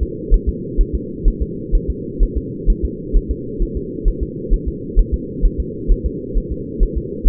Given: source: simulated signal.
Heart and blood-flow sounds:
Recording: fetal heart sounds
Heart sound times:
0.03 s: S2
0.34 s: S1
0.49 s: S2
0.81 s: S1
0.95 s: S2
1.28 s: S1
1.42 s: S2
1.75 s: S1
1.90 s: S2
2.23 s: S1
2.37 s: S2
2.70 s: S1
2.85 s: S2
3.16 s: S1
3.31 s: S2
3.62 s: S1
3.77 s: S2
4.08 s: S1
4.23 s: S2
4.54 s: S1
4.68 s: S2
4.99 s: S1
5.14 s: S2
5.45 s: S1
5.60 s: S2
5.92 s: S1
6.06 s: S2
6.38 s: S1
6.52 s: S2
6.83 s: S1
6.98 s: S2
7.28 s: S1
From the record:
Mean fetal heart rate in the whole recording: 130 bpm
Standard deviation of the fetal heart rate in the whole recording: 2 bpm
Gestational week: 38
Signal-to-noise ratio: -4.1 dB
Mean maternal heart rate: no maternal heart sound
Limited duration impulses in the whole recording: absent

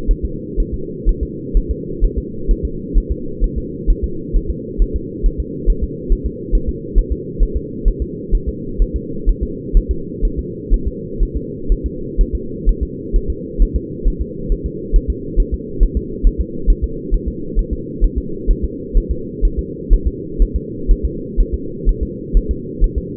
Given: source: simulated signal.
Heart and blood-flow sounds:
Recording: fetal heart sounds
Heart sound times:
0.11 s: S1
0.25 s: S2
0.60 s: S1
0.74 s: S2
1.09 s: S1
1.23 s: S2
1.57 s: S1
1.71 s: S2
2.05 s: S1
2.18 s: S2
2.51 s: S1
2.65 s: S2
2.98 s: S1
3.11 s: S2
3.44 s: S1
3.58 s: S2
3.90 s: S1
4.04 s: S2
4.36 s: S1
4.50 s: S2
4.82 s: S1
4.96 s: S2
5.26 s: S1
5.40 s: S2
5.70 s: S1
5.84 s: S2
6.12 s: S1
6.26 s: S2
6.55 s: S1
6.69 s: S2
6.98 s: S1
7.12 s: S2
7.43 s: S1
7.57 s: S2
7.88 s: S1
8.02 s: S2
8.35 s: S1
8.49 s: S2
8.82 s: S1
8.96 s: S2
9.29 s: S1
9.43 s: S2
9.77 s: S1
9.91 s: S2
10.25 s: S1
10.39 s: S2
10.74 s: S1
10.88 s: S2
11.23 s: S1
11.37 s: S2
11.72 s: S1
11.86 s: S2
12.21 s: S1
12.35 s: S2
12.69 s: S1
12.83 s: S2
13.16 s: S1
13.30 s: S2
13.62 s: S1
13.76 s: S2
14.08 s: S1
14.21 s: S2
14.52 s: S1
14.66 s: S2
14.96 s: S1
15.10 s: S2
15.40 s: S1
15.54 s: S2
15.83 s: S1
15.97 s: S2
16.27 s: S1
16.41 s: S2
16.70 s: S1
16.84 s: S2
17.14 s: S1
17.28 s: S2
17.59 s: S1
17.73 s: S2
18.04 s: S1
18.18 s: S2
18.50 s: S1
18.64 s: S2
18.97 s: S1
19.11 s: S2
19.45 s: S1
19.59 s: S2
19.93 s: S1
20.07 s: S2
20.42 s: S1
20.56 s: S2
20.91 s: S1
21.05 s: S2
21.40 s: S1
21.54 s: S2
21.89 s: S1
22.03 s: S2
22.37 s: S1
22.51 s: S2
22.84 s: S1
22.98 s: S2
From the record:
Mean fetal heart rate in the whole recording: 130 bpm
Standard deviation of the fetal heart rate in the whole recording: 4 bpm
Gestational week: 38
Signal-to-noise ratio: -4.3 dB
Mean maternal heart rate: 72 bpm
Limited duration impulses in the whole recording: absent

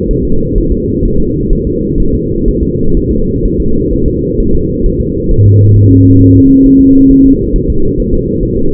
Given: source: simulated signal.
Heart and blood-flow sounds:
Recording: fetal heart sounds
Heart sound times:
0.11 s: S1
0.25 s: S2
0.58 s: S1
0.72 s: S2
1.05 s: S1
1.20 s: S2
1.53 s: S1
1.67 s: S2
2.00 s: S1
2.15 s: S2
2.48 s: S1
2.63 s: S2
2.97 s: S1
3.11 s: S2
3.46 s: S1
3.60 s: S2
3.93 s: S1
4.08 s: S2
4.40 s: S1
4.55 s: S2
4.86 s: S1
5.01 s: S2
5.31 s: S1
5.46 s: S2
5.76 s: S1
5.91 s: S2
6.21 s: S1
6.36 s: S2
6.66 s: S1
6.81 s: S2
7.11 s: S1
7.26 s: S2
7.56 s: S1
7.70 s: S2
8.00 s: S1
8.14 s: S2
8.43 s: S1
8.57 s: S2
From the record:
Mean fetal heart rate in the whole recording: 130 bpm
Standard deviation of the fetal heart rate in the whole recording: 4 bpm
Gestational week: 38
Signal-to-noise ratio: -17.7 dB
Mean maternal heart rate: 72 bpm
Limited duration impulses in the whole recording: present

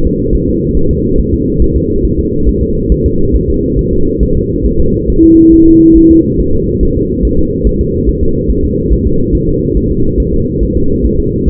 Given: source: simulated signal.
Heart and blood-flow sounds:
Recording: fetal heart sounds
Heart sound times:
0.06 s: S2
0.35 s: S1
0.49 s: S2
0.77 s: S1
0.91 s: S2
1.20 s: S1
1.34 s: S2
1.62 s: S1
1.76 s: S2
2.05 s: S1
2.19 s: S2
2.49 s: S1
2.63 s: S2
2.92 s: S1
3.06 s: S2
3.36 s: S1
3.50 s: S2
3.79 s: S1
3.93 s: S2
4.23 s: S1
4.37 s: S2
4.66 s: S1
4.81 s: S2
5.10 s: S1
5.24 s: S2
5.54 s: S1
5.68 s: S2
5.97 s: S1
6.12 s: S2
6.41 s: S1
6.55 s: S2
6.83 s: S1
6.97 s: S2
7.25 s: S1
7.39 s: S2
7.67 s: S1
7.81 s: S2
8.09 s: S1
8.23 s: S2
8.50 s: S1
8.65 s: S2
8.93 s: S1
9.07 s: S2
9.35 s: S1
9.49 s: S2
9.77 s: S1
9.91 s: S2
10.20 s: S1
10.34 s: S2
10.63 s: S1
10.77 s: S2
11.06 s: S1
11.20 s: S2
11.49 s: S1
From the record:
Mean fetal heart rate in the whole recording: 140 bpm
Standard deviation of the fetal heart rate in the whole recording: 2 bpm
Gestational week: 34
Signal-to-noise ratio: -16.4 dB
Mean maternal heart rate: 72 bpm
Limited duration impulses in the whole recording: present

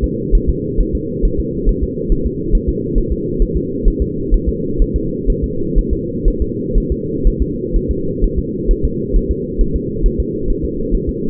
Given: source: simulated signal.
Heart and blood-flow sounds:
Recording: fetal heart sounds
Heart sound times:
0.04 s: S2
0.35 s: S1
0.49 s: S2
0.81 s: S1
0.95 s: S2
1.25 s: S1
1.40 s: S2
1.69 s: S1
1.83 s: S2
2.12 s: S1
2.26 s: S2
2.55 s: S1
2.69 s: S2
2.98 s: S1
3.12 s: S2
3.42 s: S1
3.57 s: S2
3.88 s: S1
4.02 s: S2
4.34 s: S1
4.49 s: S2
4.82 s: S1
4.96 s: S2
5.30 s: S1
5.44 s: S2
5.78 s: S1
5.93 s: S2
6.28 s: S1
6.42 s: S2
6.78 s: S1
6.92 s: S2
7.27 s: S1
7.42 s: S2
7.76 s: S1
7.91 s: S2
8.24 s: S1
8.39 s: S2
8.71 s: S1
8.85 s: S2
9.16 s: S1
9.31 s: S2
9.61 s: S1
9.76 s: S2
10.06 s: S1
10.20 s: S2
10.50 s: S1
10.65 s: S2
10.94 s: S1
11.09 s: S2
From the record:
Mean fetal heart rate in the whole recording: 130 bpm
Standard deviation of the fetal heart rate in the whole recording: 4 bpm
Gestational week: 38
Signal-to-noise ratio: -6.6 dB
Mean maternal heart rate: 72 bpm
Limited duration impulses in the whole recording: present

